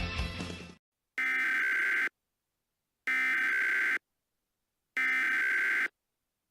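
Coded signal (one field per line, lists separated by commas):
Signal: Emergency Alert System (SAME) tones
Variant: header bursts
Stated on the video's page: Mock EAS scenario, fictional alert about giant Easter bunnies; not a real alert.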